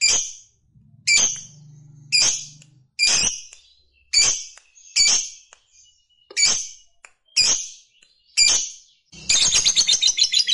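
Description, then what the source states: Lovebird uttering loud, sharp high chirps about once a second, ending in a burst of rapid buzzy chatter; a low hum sounds briefly near the start. Fighter lovebird singing energetically (gacor).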